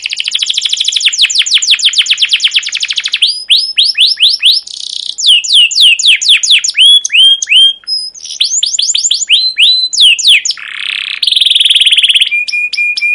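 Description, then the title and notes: Canary song, continuous and varied: rapid chirp runs, swooping notes, buzzy trills, ending with repeated short whistled notes. Long, energetic chirping song of a captive canary, used as a lure and tutor recording for training canaries. "CUIT CUIT NGEROL LANGSUNG GACOR PANJANG Kenari. Kenari GACOR PANJANG Cuit CUIT EMOSI. burung kenari"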